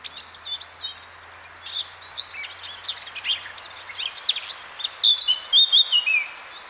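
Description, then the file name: Eurasian blackcap song: soft, scratchy, varied twittering that swells into a loud burst of clear fluted whistles before fading. "Sylvia atricapilla"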